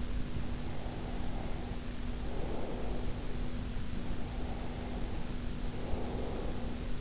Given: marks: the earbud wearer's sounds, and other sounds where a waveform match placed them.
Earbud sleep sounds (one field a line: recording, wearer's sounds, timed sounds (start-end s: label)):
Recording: sounds in sleep by an in-ear microphone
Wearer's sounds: breath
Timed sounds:
0.33-3.74 s: breath
3.97-7.01 s: breath